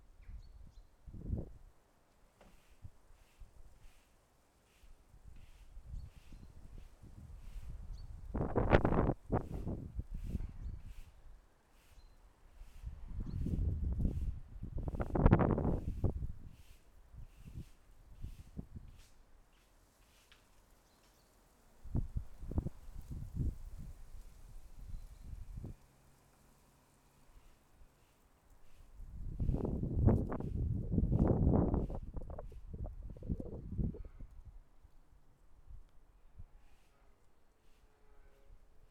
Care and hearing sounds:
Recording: everyday scene through a hearing-aid microphone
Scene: wind on the microphone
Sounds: wind, other noises, traffic, birds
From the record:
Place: suburban garden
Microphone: behind the ear, left, front

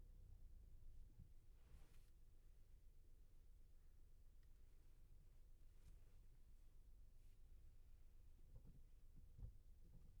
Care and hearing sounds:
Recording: everyday scene through a hearing-aid microphone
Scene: in a vehicle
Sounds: engine, traffic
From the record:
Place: Skoda Fabia, gasoline engine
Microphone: behind the ear, left, rear

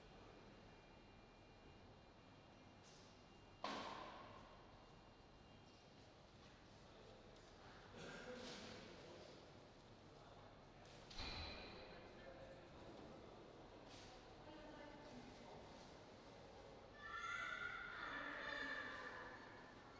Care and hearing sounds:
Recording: everyday scene through a hearing-aid microphone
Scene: reverberant space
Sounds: background noise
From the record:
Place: railway station hall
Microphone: in the ear canal, right

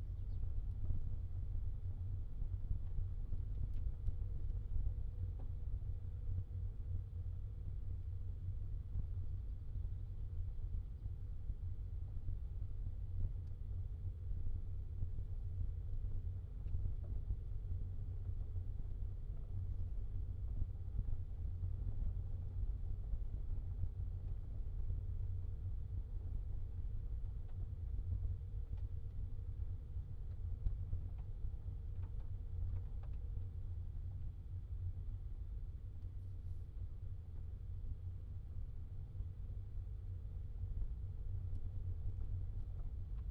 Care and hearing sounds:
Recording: everyday scene through a hearing-aid microphone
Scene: in a vehicle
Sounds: engine, rumble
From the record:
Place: Skoda Fabia, gasoline engine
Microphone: in the ear canal, left

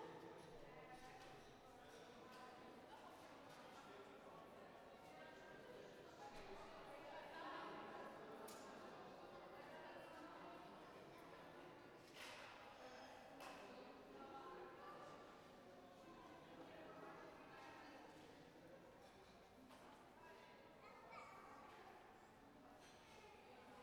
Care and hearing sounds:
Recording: everyday scene through a hearing-aid microphone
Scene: reverberant space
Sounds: background noise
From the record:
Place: railway station hall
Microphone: behind the ear, right, rear

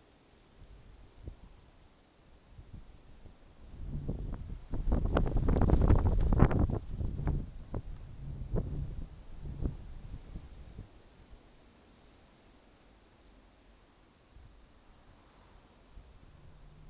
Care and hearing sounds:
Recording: everyday scene through a hearing-aid microphone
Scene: wind on the microphone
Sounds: wind, traffic, birds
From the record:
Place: suburban garden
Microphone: in the ear canal, right

